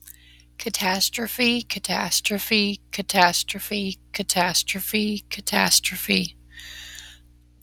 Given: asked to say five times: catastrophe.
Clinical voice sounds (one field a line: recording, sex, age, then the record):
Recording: repeated word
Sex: female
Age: 30 to 39 years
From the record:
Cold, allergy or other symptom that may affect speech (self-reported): no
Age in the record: 37 years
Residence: Kansas, United States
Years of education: 13